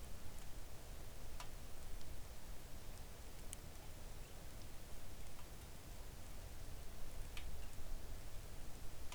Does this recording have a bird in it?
yes